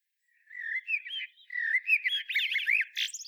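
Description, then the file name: Common blackbird singing one continuous, liquid warbled phrase of rising and falling whistles that grows busier and higher toward the end. "Turdus merula"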